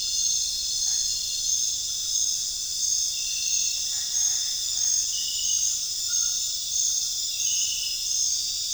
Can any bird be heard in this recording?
no